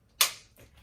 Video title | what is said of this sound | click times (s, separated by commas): Unlock Ultimate Hip Relief: The Polar Care Kodiak Intelli-Flo Multi-Use Pad! | and when you hear that snap that lets you know that the hoses are secure once you've done that | 0.2 s